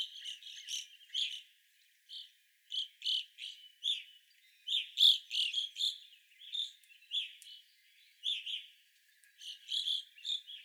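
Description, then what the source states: Evening grosbeaks chirping in a flock, loud clear notes in quick irregular bursts, overlapping calls from several birds. Recorded 25 April 2021; several evening grosbeaks.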